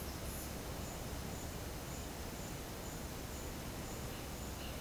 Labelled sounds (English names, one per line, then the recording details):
none
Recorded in secondary vegetation near Puerto Asís, Putumayo, Colombia, on 24 March 2025 at 10:30
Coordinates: 0.488, -76.319
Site G095